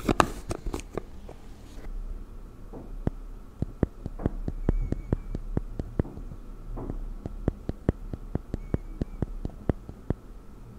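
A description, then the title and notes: Makeup is applied up close, with sharp regular taps and clicks through the clip over a low steady hum. ASMR First person Makeup On Your Face(No Talking).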